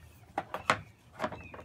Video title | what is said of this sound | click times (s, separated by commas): The Ultimate Crochet Bobbin Rack | into a slot like that and it kind of locks in place and it can go in either way just | 0.4 s, 0.7 s